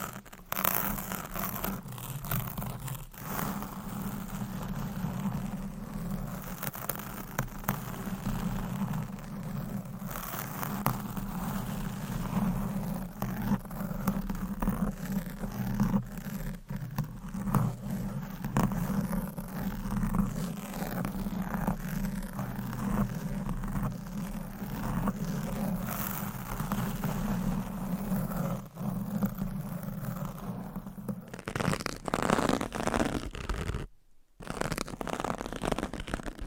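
Continuous scratching and rubbing on a microphone, with quick taps scattered throughout over a steady low hum. Around 31 seconds the hum drops away and the scratching thins; a short gap of silence follows near 34 seconds before the rubbing resumes.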